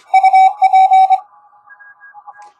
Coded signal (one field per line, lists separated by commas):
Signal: Morse code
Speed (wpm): 23 wpm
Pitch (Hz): 760 Hz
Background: music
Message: UP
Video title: AUSTRAL ISL QRP 10M CW QSO WITH TX5Z